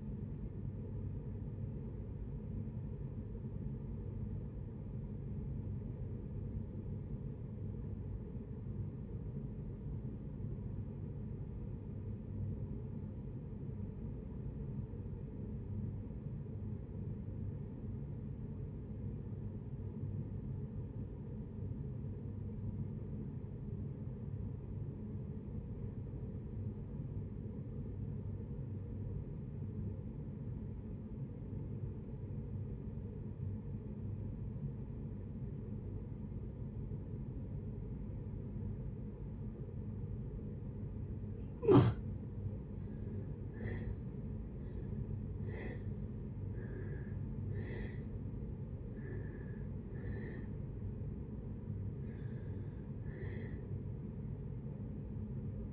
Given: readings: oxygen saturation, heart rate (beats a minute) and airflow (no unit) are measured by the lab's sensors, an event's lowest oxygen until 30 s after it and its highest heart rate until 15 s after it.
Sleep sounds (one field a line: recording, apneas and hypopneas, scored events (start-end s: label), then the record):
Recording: breathing in sleep by a smartphone at the bedside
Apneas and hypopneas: 1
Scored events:
4.00-41.60 s: obstructive apnea (REM, oxygen 93% highest, then 60% lowest, heart rate 79 at the start, 88 highest)
From the record:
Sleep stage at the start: REM sleep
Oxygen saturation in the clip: 61 to 93%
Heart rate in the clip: 55 to 89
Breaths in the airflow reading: 6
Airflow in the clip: -6.2 to 8.9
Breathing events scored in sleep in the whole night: 496 in 5.4 hours asleep